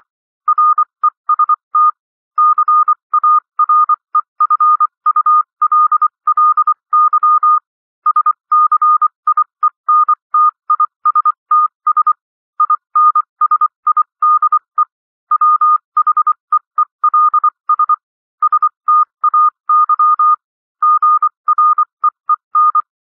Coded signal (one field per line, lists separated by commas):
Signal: Morse code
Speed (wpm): 24 wpm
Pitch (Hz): 1220 Hz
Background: none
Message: REST CAREFULLY SCIENTISTS INSIDE WHEELS STAY GREEN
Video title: Improve Your Morse Code 21-24 WPM - 24-24 WPM